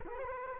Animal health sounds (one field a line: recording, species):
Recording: mosquito wingbeat signal from an infrared sensor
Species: Culex quinquefasciatus